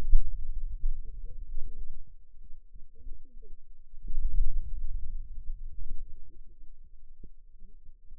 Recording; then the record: forearm muscle sounds (acoustic myography)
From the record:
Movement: wrist extension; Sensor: system 2, bracelet of six BSWA MPA416 microphones around the upper forearm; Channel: 1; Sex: female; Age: 21 years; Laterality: right